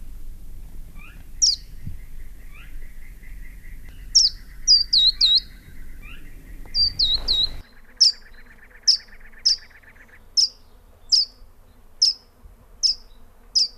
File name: verdin